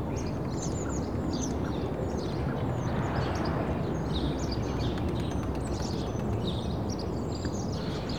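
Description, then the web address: Birds chirping and twittering in overlapping high bursts, with constant low-pitched background hum throughout. Suburban birds in early morning. "BBC Sound Effects Library - Suburbia Early Morning Suburban Birds"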